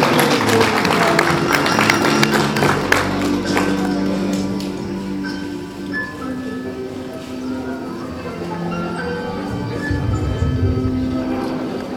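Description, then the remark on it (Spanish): Loud, dense applause from a crowd at a school certificate presentation for the best student of the 2014 graduating class of Colegio Particular Cristiano Maranata, many hands clapping at once and gradually thinning out over about twelve seconds, with a steady musical tone sounding underneath. “Le damos un fuerte aplauso, por favor, un merecido aplauso.”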